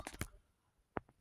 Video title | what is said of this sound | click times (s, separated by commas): I Replaced My failing Hampton Bay Fan With This Amazon Ceiling Fan — Here's What Happened | hook, push the whole fan assembly up, and it just locks, I think counterclockwise, it locks in place. | 1.0 s